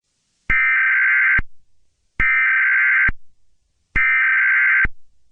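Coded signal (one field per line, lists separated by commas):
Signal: Emergency Alert System (SAME) tones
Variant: header bursts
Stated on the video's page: Fictional meme EAS scenario using text-to-speech.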